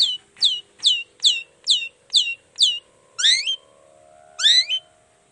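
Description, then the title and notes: Long-tailed shrike song, a quick series of falling whistled notes followed by two longer rising, buzzy phrases. Cendet song with toet toet variations, in the morning; described as lively and calling to provoke other shrikes to answer. "Cendet Gacor Dor Di Kala Pagi Toet Toet Variasi Suara. Cendet Gacor Pagi Hari Biangnya Bikin Cendet Manapun Langsung On Nyaut Buka Materi. Burung cendet"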